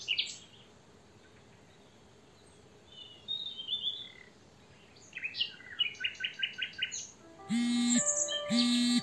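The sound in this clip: European robin song in short high phrases with fast ticking notes, followed near the end by two loud droning calls from another animal.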